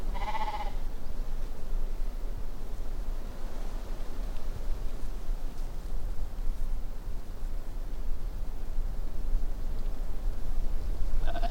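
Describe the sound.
Sheep bleat at the very start, then a long stretch of low rumbling noise, with another bleat beginning right at the end.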